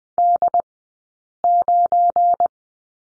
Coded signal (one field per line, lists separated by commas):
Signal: Morse code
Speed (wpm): 20 wpm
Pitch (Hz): 700 Hz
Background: none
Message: D9